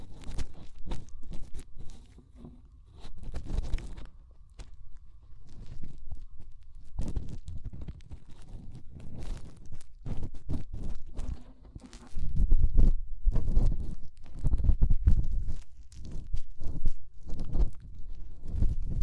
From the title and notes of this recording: ASMR Inner Ear Cleaning Using Fingers 3Dio (No Talking).